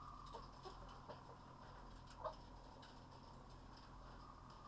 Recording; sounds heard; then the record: poultry house recording; healthy chickens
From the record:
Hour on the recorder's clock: 19